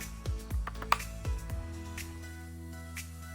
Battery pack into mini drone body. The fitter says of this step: slot it in and press it until it locks into place with a click.